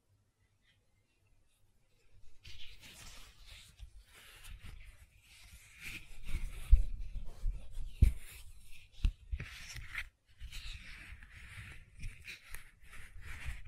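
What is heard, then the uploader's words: Gentle silicone sounds begin after about two seconds of silence: soft squishing, rubbing and tapping. The handling is irregular and fairly dense, with a dull low thump underneath and a brighter hiss of friction on top, and brief pauses near ten seconds. ASMR Gentle Silicon Sounds for Sleep (No Talking).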